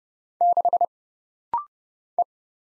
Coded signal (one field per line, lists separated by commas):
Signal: Morse code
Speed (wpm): 30 wpm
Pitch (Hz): 700 Hz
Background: none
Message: 6 E